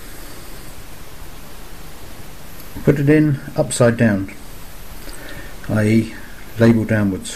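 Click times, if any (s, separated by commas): none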